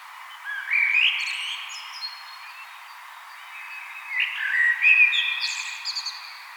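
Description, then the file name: Common blackbird song of two phrases, each starting with low mellow whistles and ending in high, thin twittering notes. "Turdus merula"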